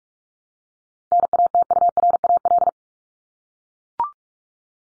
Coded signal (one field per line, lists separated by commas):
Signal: Morse code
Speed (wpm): 44 wpm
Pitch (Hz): 700 Hz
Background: none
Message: NATURAL